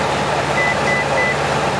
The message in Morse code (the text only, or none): none